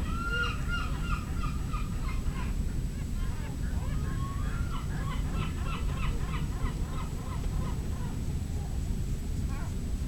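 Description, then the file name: Mongolian gull calls, a series of harsh yelps repeated rapidly, some overlapping, over a steady low rumble. "Larus mongolicus"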